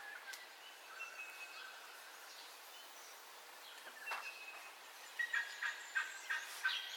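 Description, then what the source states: Birds calling in a quiet chorus, thin whistled notes drawn out early, then a run of short bright repeated notes near the end, over faint background hiss. Dawn ambience, recorded in stereo.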